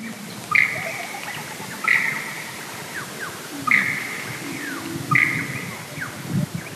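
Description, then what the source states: Lyrebird bee song: four short bright notes, each with trailing tones, spaced out over a steady background hiss. Part of a male's dancing mound songs, not an imitation; a bee song; recorded in the Kapiti Valley.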